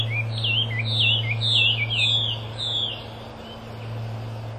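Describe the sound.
Chinese hwamei singing rich, looping whistled phrases, fading toward the end, over a constant low hum.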